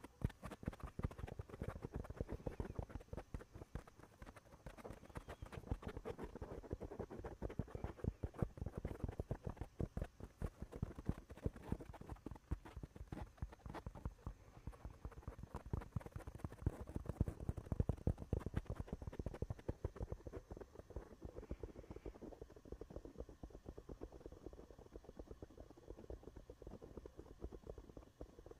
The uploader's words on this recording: ASMR mic touching // fuzzy cover, foam cover, bare mic //.